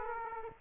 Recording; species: mosquito wingbeat signal from an infrared sensor; Aedes aegypti